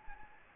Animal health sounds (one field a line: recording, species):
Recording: mosquito wingbeat signal from an infrared sensor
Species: Anopheles gambiae